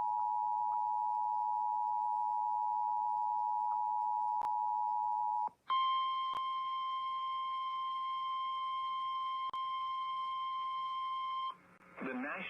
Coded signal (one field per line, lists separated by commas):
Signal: Emergency Alert System (SAME) tones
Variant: 853 and 960 Hz attention tone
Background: speech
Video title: EAS Fire Warning #8 3/14/25 (Credit Goes To @SouthernPennsylvaniaWX & @KanawhaCountyWX)